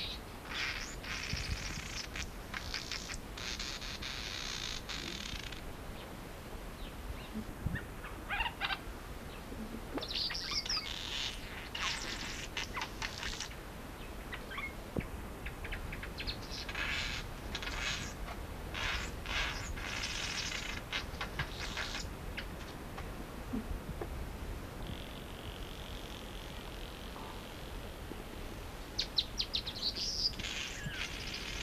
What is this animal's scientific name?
Ploceus velatus